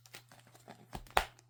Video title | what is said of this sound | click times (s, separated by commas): Playmates Godzilla Kong toys | and you guys will hear it click in there just like that | 1.2 s